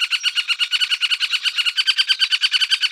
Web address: Dendrocopos medius